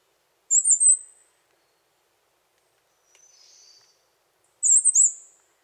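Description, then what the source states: Bird song: two very high, squeaky slurred phrases several seconds apart, with a soft buzzy note between them. Costa Rican cloud forest; song and call.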